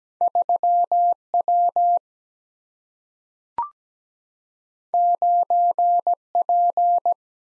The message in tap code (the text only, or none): none